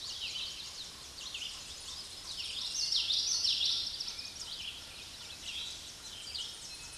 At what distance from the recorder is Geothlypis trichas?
about 5 m